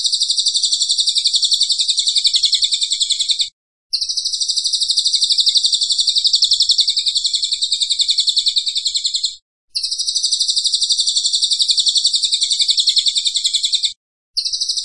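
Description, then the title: Cililin singing in sustained, shimmering high-pitched trills of fast pulses, each run lasting several seconds and separated by short silent breaks. Vigorous 'gacor' singing style, used for training cage birds. "Cililin AMPUH"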